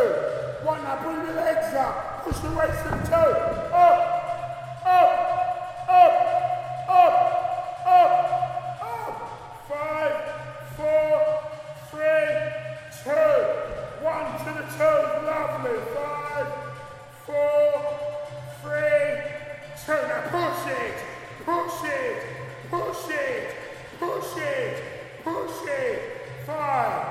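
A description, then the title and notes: A man's voice leads a gym class, speaking in short, regular bursts like counting or calling out a rhythm, with brief pauses around 10 and 20 seconds. A low steady hum runs underneath throughout, and a dull thump sounds near the start. UCL Soundscapes: Bloomsbury Fitness class. Field recording of a Bloomsbury Fitness gym class. In stereo on Zoom H4N.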